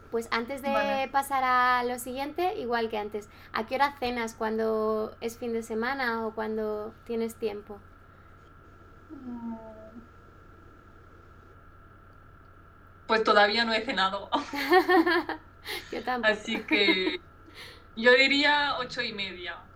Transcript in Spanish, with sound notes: Pues antes de pasar a lo siguiente, igual que antes, ¿a qué hora cenas cuando es fin de semana o cuando tienes tiempo?
Pues todavía no he cenado (RISAS)
Yo tampoco (RISAS)
Así que yo diría ocho y media.